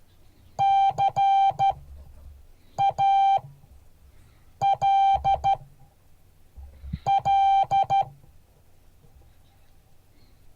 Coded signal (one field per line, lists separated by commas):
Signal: Morse code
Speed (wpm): 13 wpm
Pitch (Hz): 780 Hz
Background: none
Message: CALL